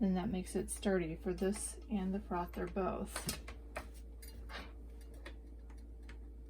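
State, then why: Seated. Someone talks while a whisk/frother attachment is pressed into the plastic coupling of a ChefVille HB02 handheld immersion blender. After the talking stops, a sharp pop at 3.8 s marks the attachment seating in place, followed by a few fainter taps and handling sounds.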